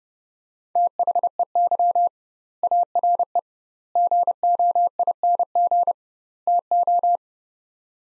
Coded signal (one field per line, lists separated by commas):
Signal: Morse code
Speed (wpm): 30 wpm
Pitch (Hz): 700 Hz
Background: none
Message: THEY ARE GOING TO